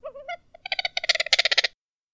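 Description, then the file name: Bird calling with a wavering low note, then a run of short harsh notes growing louder before stopping abruptly. Exotic bird. "soundscrate-exotic bird sounds"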